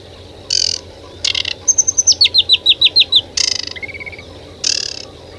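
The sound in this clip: Bird song: buzzy chips, then a fast series of high whistled notes falling in pitch, followed by more buzzy bursts and a short trill, over steady background noise.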